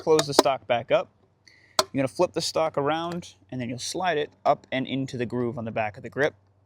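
Someone talks while the wooden-look detachable holster shoulder stock of a WE M712 Mauser airsoft gas blowback replica pistol is closed back up and flipped around, ready to slide up into the groove on the back of the pistol grip. Only speech and faint handling are heard. The clip ends before the stock goes home, so nothing has seated or latched yet.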